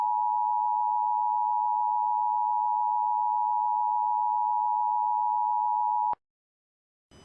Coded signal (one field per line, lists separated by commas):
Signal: Emergency Alert System (SAME) tones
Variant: 853 and 960 Hz attention tone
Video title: eas scenario: the meteor remastered